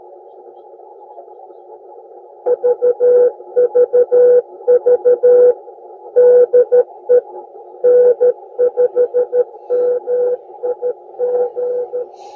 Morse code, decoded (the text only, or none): VVV DE N5MIG